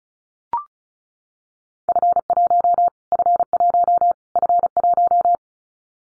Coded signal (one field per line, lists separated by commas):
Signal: Morse code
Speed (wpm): 34 wpm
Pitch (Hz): 700 Hz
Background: none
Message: F1 F1 F1